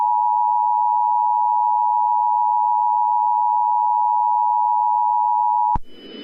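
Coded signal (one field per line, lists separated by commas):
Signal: Emergency Alert System (SAME) tones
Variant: 853 and 960 Hz attention tone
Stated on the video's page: Fictional EAS scenario of a cataclysmic Nibiru planetary impact at New Year.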